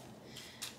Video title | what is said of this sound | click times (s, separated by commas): 🖍️💎Diamond Painting Unboxing #19 [GBFKE] | Ils sont pas tous bien clipsés, mais hop, je les réappuie comme ça quand je vous les enverrai. | 0.4 s, 0.6 s